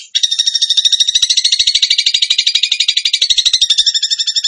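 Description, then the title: Bird song: a long, continuous chattering trill of fast high pulses that waver slightly in pitch, lasting over four seconds. Bird song in the tembakan gacor style, used as masteran (training for other birds). "Masteran Burung Tembakan Gacor"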